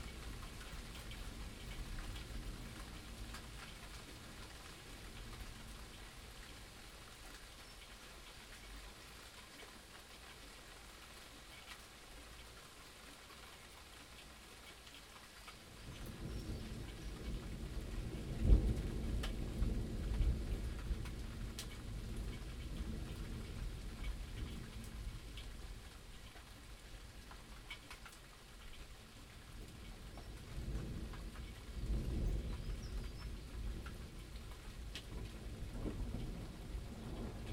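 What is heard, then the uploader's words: Rain falls steadily inside a broken greenhouse, dripping through gaps onto shelves, pots and the floor. A low rumble of thunder swells in from about sixteen seconds and rolls on, with another deep swell near thirty-two seconds, under the constant patter. Storm from the greenhouse, Sheffield, UK in June 2023 – by Joe Wilkins. Our greenhouse had a few panes of glass missing as a result of recent weather, as another summer storm blew through I set up to record in a dry corner of the greenhouse.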